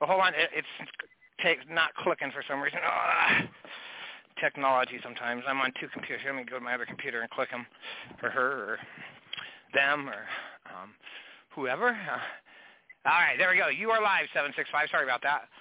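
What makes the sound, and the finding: Adult man. Typical speech.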